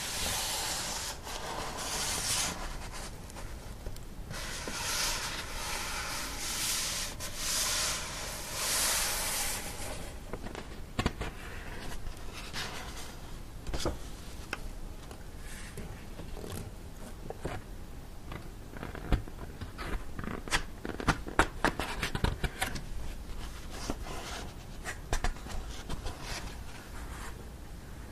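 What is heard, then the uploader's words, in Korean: Book pages being turned, with dry papery rustles sweeping through the first ten seconds in several bright bursts. After that the handling turns quieter and sparser: short crisp flicks and taps of paper at irregular moments, over a soft hiss. 책을 넘기는 소리.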